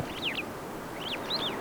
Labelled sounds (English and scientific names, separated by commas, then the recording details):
Superb Starling (Lamprotornis superbus) flight call
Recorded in Kenya